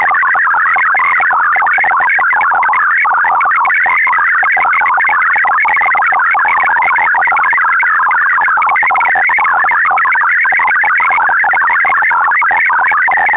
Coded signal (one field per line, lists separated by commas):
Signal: multi-tone FSK (Olivia or MFSK type)